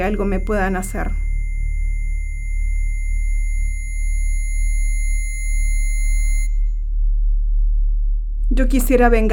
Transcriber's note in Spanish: Sonido de tinitus